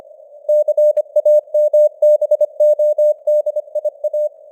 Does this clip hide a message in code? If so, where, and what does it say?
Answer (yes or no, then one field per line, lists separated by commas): yes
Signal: Morse code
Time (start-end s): 0.5-4.3 s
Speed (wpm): 25 wpm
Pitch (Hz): 600 Hz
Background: none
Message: CAMBODIA